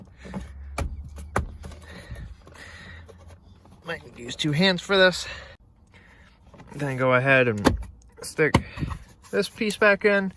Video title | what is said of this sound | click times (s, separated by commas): Steering Wheel Replacement on a 2012-2018 Ford Focus | Make sure it locks into place on both sides. | 0.8 s, 1.4 s